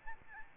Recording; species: mosquito wingbeat signal from an infrared sensor; Aedes albopictus